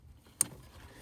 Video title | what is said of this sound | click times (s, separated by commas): 1997-2004 Ford Triton (IAC) Idle Air Control Valve Cleaning & Replacement How-To | So there we go, heard it click. | 0.4 s